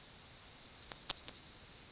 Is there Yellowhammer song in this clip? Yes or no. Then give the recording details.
yes. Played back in grassland. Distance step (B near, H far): B. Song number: 024